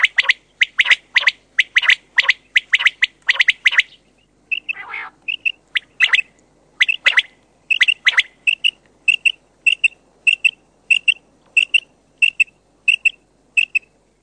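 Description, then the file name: Common quail calling: a burst of dense notes, a brief harsh nasal sound, then sharp, clipped notes repeated steadily. "QUAGLIA"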